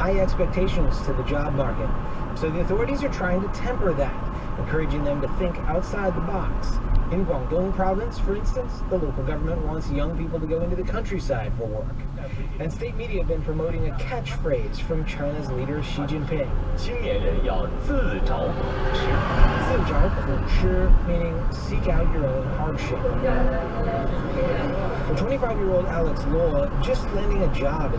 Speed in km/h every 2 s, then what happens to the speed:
55, 52, 48, 44, 37, 24, 16, 16, 23, 31, 37, 42, 48, 52.
0-13 slows to 16. 13-28 speeds up to 52.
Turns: none.